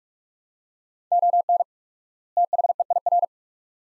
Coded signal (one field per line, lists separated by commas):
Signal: Morse code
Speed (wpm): 46 wpm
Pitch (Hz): 700 Hz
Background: none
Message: ON THEIR